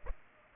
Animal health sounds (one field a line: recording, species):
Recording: mosquito wingbeat signal from an infrared sensor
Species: Culex pipiens